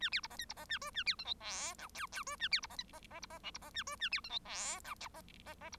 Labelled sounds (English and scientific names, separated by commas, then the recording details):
Bengalese Finch (Lonchura striata domestica) song
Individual Bird1